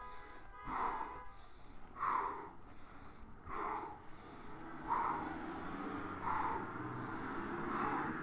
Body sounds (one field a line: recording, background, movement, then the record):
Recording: deep breathing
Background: traffic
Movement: walking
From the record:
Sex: male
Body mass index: 22.0 kg/m2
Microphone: on the chest, facing the body